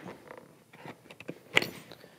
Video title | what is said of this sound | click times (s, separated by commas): New! GMax GM65 and GM65S DOT Half Helmet w/Tinted Dropdown Sun Shield with Additional Clear Visor | gonna simply pop out that's | 1.6 s